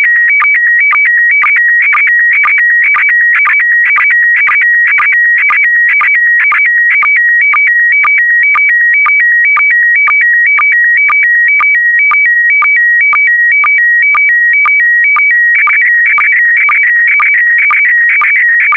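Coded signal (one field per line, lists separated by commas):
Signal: SSTV (slow-scan television)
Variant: PD120 mode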